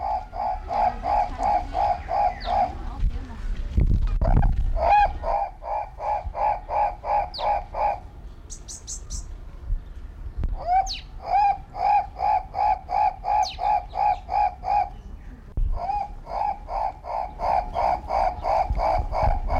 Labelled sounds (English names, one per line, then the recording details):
Guinea Turaco call
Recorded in captivity
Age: adult
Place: Zoo Berlin, Berlin, DE
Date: 1994-07-16 11:20
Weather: sonnig, 22-26°C
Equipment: Marantz CP 430, Sennheiser ME 80, Kopie Uher Variocord 263
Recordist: Tembrock, Günter
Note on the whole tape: Haarschopfturako (t. p. persa): Rufreihen - geschnitten, Entfernung 10 m